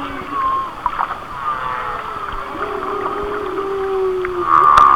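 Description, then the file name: Whale song: long tonal moans with higher wavering notes and a bright squeal near the end. "Whale Songs"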